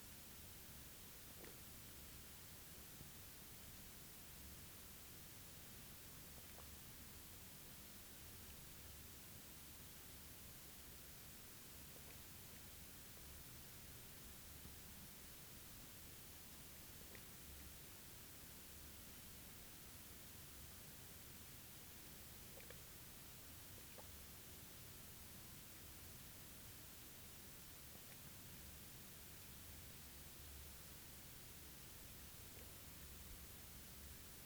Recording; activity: daily activity, guitar pickup as the sensor; drink water